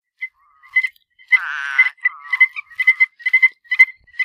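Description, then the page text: Strecker's chorus frog giving short, bright, high chirps in quick succession, interrupted by a brief buzzy, wavering trill. Arkansas. "Herps of Arkansas: Strecker's Chorus Frog (Pseudacris streckeri)"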